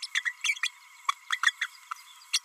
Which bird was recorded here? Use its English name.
Green-rumped Parrotlet